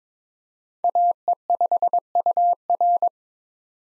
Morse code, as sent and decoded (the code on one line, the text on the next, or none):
.- . ..... ..- .-.
AE5UR